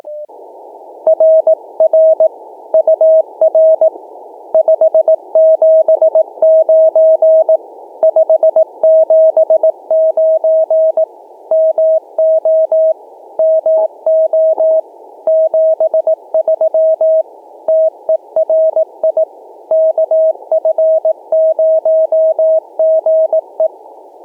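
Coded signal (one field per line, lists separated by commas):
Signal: Morse code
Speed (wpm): 18 wpm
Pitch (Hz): 640 Hz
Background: none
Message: RR UR 579 579 MO MO 73 TERI KF0GE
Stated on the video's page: CW QRP POTA activations with pile-ups at the start.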